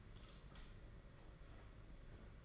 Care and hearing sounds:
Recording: daily activity, microphone in the room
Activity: light off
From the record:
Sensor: 4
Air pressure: 992.7 hPa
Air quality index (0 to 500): 168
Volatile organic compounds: 246 ppm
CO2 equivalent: 4350 ppm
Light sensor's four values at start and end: 4/10/4/4 and 4/8/3/3

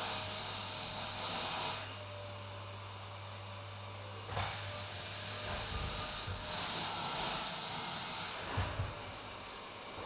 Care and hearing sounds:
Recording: daily activity, microphone in the room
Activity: vacuum cleaning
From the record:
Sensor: 2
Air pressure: 1010.1 hPa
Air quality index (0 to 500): 162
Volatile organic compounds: 7 ppm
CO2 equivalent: 2030 ppm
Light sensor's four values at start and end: 38/92/41/46 and 38/92/41/46

